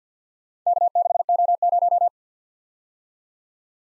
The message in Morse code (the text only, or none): K6O0